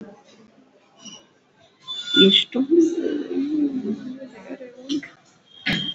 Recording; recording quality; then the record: sustained vowel as in made; poor, much background noise or distortion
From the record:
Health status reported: COVID-19 positive, mild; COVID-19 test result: positive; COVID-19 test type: RT-PCR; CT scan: not taken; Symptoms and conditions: cough, cold, fever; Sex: female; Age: 26 years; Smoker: no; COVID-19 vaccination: both doses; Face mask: worn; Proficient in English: yes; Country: India